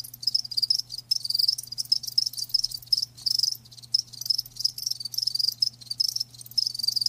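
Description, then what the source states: Crickets producing high pulsed chirps in regular bursts, accompanied by a continuous low hum. Live crickets chirping.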